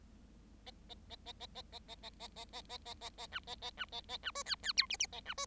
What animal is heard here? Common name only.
Bengalese Finch